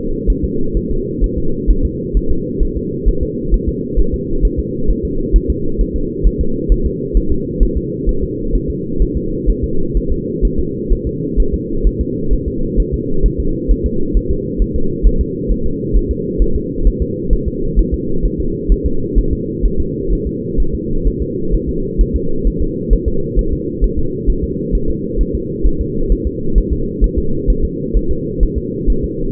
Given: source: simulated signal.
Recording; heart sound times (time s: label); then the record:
fetal heart sounds
0.30 s: S1
0.44 s: S2
0.77 s: S1
0.91 s: S2
1.24 s: S1
1.38 s: S2
1.70 s: S1
1.85 s: S2
2.17 s: S1
2.31 s: S2
2.63 s: S1
2.77 s: S2
3.09 s: S1
3.23 s: S2
3.54 s: S1
3.69 s: S2
3.99 s: S1
4.14 s: S2
4.45 s: S1
4.59 s: S2
4.90 s: S1
5.05 s: S2
5.36 s: S1
5.50 s: S2
5.81 s: S1
5.96 s: S2
6.27 s: S1
6.41 s: S2
6.72 s: S1
6.86 s: S2
7.17 s: S1
7.32 s: S2
7.63 s: S1
7.77 s: S2
8.09 s: S1
8.23 s: S2
8.55 s: S1
8.70 s: S2
9.02 s: S1
9.17 s: S2
9.50 s: S1
9.64 s: S2
9.97 s: S1
10.12 s: S2
10.45 s: S1
10.60 s: S2
10.93 s: S1
11.07 s: S2
11.40 s: S1
11.54 s: S2
11.87 s: S1
12.01 s: S2
12.33 s: S1
12.48 s: S2
12.80 s: S1
12.94 s: S2
13.26 s: S1
13.40 s: S2
13.71 s: S1
13.86 s: S2
14.17 s: S1
14.31 s: S2
14.62 s: S1
14.76 s: S2
15.07 s: S1
15.21 s: S2
15.52 s: S1
15.66 s: S2
15.96 s: S1
16.11 s: S2
16.42 s: S1
16.56 s: S2
16.87 s: S1
17.02 s: S2
17.33 s: S1
17.48 s: S2
17.79 s: S1
17.94 s: S2
18.25 s: S1
18.40 s: S2
18.72 s: S1
18.86 s: S2
19.18 s: S1
19.33 s: S2
19.65 s: S1
19.80 s: S2
20.13 s: S1
20.27 s: S2
20.60 s: S1
20.74 s: S2
21.07 s: S1
21.22 s: S2
21.54 s: S1
21.69 s: S2
22.01 s: S1
22.16 s: S2
22.47 s: S1
22.62 s: S2
22.93 s: S1
23.08 s: S2
23.39 s: S1
23.53 s: S2
23.84 s: S1
23.99 s: S2
24.30 s: S1
24.44 s: S2
24.75 s: S1
24.90 s: S2
25.21 s: S1
25.35 s: S2
25.66 s: S1
25.81 s: S2
26.12 s: S1
26.27 s: S2
26.58 s: S1
26.73 s: S2
27.04 s: S1
27.18 s: S2
27.50 s: S1
27.65 s: S2
27.96 s: S1
28.11 s: S2
28.43 s: S1
28.58 s: S2
28.90 s: S1
29.04 s: S2
From the record:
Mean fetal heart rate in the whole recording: 130 bpm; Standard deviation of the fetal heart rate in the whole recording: 2 bpm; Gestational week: 36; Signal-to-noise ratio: -8.1 dB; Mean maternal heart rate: 72 bpm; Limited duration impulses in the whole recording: absent